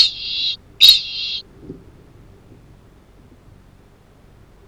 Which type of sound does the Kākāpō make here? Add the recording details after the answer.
ching call. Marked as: faintness 1/5. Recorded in New Zealand. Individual Arab